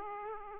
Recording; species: mosquito wingbeat signal from an infrared sensor; Aedes aegypti